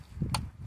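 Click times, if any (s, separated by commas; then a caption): 0.3 s. On a VW Golf being repaired for a vacuum leak, rough running and an EPC light (codes P000A and P0322), a plastic vacuum line quick-connector is pushed onto its engine vacuum port after the engine cover has been refitted. Under a low rumble, a sharp click at 0.3 s shows the connector has seated, followed by a fainter sharp tick near the end.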